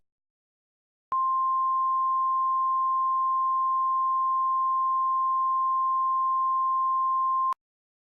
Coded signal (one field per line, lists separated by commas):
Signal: Emergency Alert System (SAME) tones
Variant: 1050 Hz attention tone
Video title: EAS Classic; Rhino Attack EAS (Original)